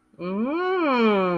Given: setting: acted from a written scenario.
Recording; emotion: vocal sound without words; desire